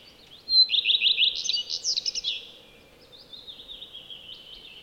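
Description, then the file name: Common redstart singing a short phrase of rapid, buzzy repeated notes that rises then falls away, followed by softer twittering over a faint steady hum. "Lepplintu Redstart"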